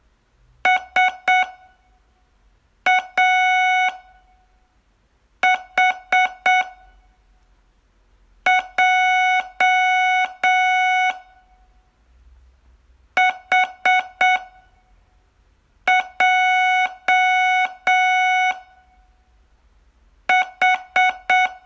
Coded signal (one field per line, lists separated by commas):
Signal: Morse code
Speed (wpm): 7 wpm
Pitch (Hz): 740 Hz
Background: none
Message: S A H J H J H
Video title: Learn Morse in 42 Days from VU2LAU - day10